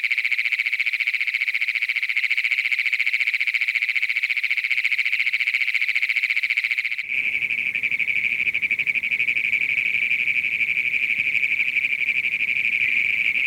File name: great plains toad